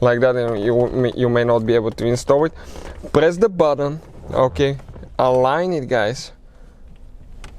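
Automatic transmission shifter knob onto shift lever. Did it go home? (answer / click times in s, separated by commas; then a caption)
yes / 7.4 s. Someone talks while holding the shifter button pressed, lining up the plastic automatic transmission shifter knob of a Dodge Dart and pushing it down onto the shift lever. A faint tick at 7.0 s precedes a sharp click at 7.4 s as the knob clicks into place on the lever, confirmed seated.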